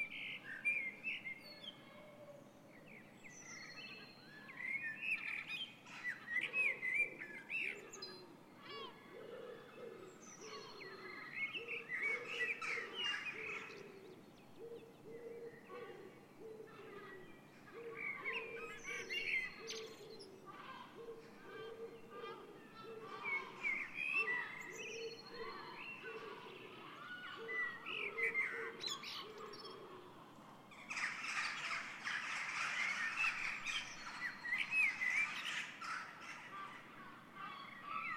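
A dawn chorus of many songbirds, with blackbird, robin and wren among them, sings over one another continuously, the bright calls overlapping densely. A low repeated cooing runs steadily beneath. Around the 31-second mark a burst of squawking, harsher calls thickens the chorus.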